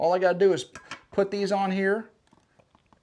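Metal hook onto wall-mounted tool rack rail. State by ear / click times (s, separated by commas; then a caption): seated / 2.8 s, 2.9 s. Someone talks, then a metal hook is fitted onto the grooves of a wall-mounted metal tool storage rail, with a few faint taps as it goes on. It snaps into place with small sharp clicks at 2.8 and 2.9 seconds, seated on the rail.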